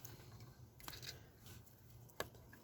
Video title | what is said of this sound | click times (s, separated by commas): 2000 - 2006 Chevy Chevrolet GMC GM truck hard start after fueling tighten fuel cap 4.8 5.3 6.0 | all right and then push the tab back so it locks in | 2.2 s